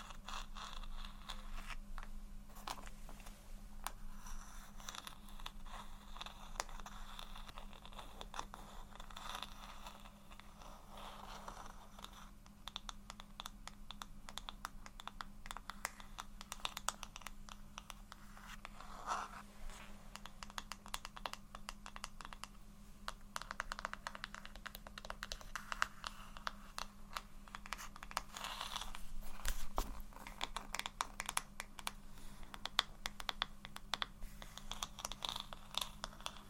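Soft, gentle tapping and scratching runs throughout, a dense patter of light clicks much like typing on a keyboard. A steady low hum sits underneath the whole time. The activity builds somewhat after about twenty-five seconds, with a few sharper taps standing out.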